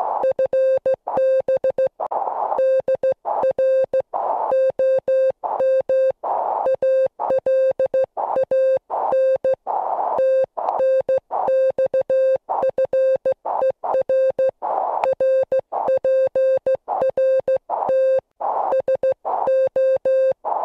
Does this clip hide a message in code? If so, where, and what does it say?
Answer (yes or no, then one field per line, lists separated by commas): yes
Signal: Morse code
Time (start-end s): 0.2-20.3 s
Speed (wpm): 15 wpm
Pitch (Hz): 530 Hz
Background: music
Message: FB DR OM ALAN TNX FER RPRT SO